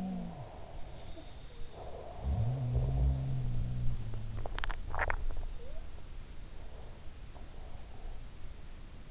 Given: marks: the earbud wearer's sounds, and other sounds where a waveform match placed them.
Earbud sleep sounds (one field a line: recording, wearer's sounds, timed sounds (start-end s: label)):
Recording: sounds in sleep by an in-ear microphone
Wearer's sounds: breath, swallowing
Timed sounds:
0.00-3.62 s: breath
1.85-4.54 s: sound from someone else or the room
4.35-5.19 s: swallowing
5.50-5.90 s: sound from someone else or the room
6.75-8.34 s: breath